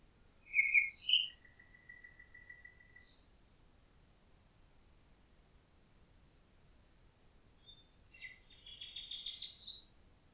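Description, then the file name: Common nightingale song, a few sharp whistled notes and a long thin whistle, then after a pause a fast buzzy rattling phrase. "Nachtigall"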